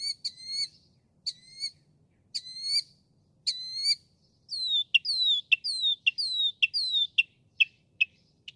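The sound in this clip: Northern mockingbird song: ringing harmonic notes repeated in pairs, then a change to quick, falling whistled slurs repeated many times.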